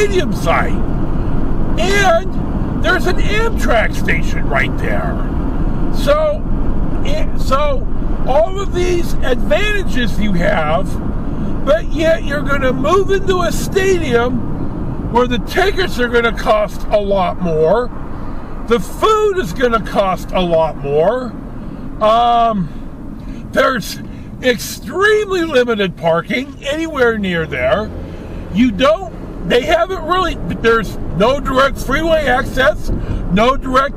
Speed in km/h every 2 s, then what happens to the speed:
79, 79, 79, 79, 76, 72, 68, 64, 63, 61, 52, 42, 31, 24, 34, 44, 52.
0-5 steady at about 79. 5-25 slows to 24. 25-34 speeds up to 52.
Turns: none.